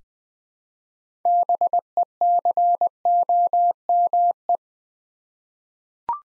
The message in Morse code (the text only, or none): BECOME